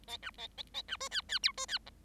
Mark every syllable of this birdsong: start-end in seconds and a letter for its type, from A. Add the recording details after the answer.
0.07-0.17 A, 0.22-0.31 B, 0.38-0.47 A, 0.57-0.63 A, 0.74-0.82 A, 0.88-0.97 B, 1.00-1.09 C, 1.11-1.22 D, 1.28-1.39 D, 1.43-1.52 E, 1.57-1.66 C, 1.68-1.78 D, 1.86-1.90 F. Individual Bird7